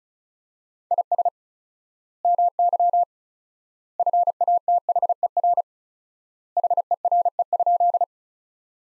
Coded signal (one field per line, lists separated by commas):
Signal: Morse code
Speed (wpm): 34 wpm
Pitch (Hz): 700 Hz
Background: none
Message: IS MY FATHER HERE?